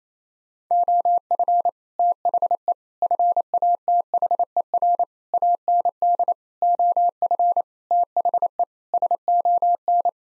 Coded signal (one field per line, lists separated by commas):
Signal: Morse code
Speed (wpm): 27 wpm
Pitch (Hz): 700 Hz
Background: none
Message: OF THE FATHER AND OF THE SON